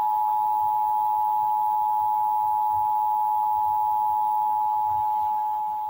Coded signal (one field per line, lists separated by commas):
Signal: Emergency Alert System (SAME) tones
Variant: 853 and 960 Hz attention tone